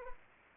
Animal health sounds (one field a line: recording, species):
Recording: mosquito wingbeat signal from an infrared sensor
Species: Anopheles arabiensis